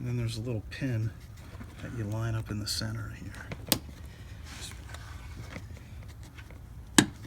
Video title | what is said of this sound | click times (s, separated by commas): Replacing A Radiator | push that pin down it's locked into place | 7.0 s